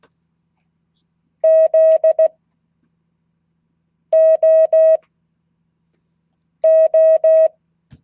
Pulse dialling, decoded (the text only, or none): none